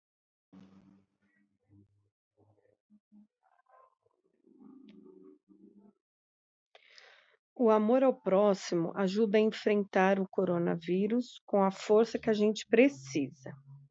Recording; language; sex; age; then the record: spoken sentence; Brazilian Portuguese; female; 40 to 49 years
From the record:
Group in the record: control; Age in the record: 44 years